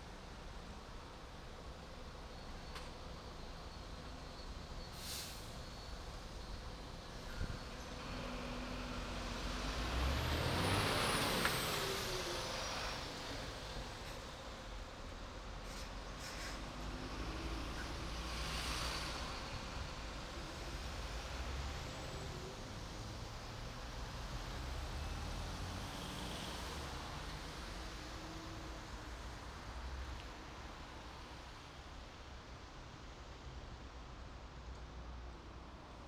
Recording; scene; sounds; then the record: everyday scene through a hearing-aid microphone; in traffic; traffic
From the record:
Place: main city hub, rush hour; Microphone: in the ear canal, right